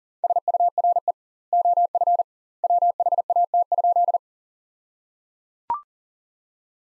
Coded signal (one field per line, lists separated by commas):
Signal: Morse code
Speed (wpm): 37 wpm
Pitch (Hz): 700 Hz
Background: none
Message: SURE OF WHAT?